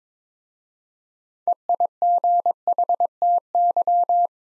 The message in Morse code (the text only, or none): EIGHTY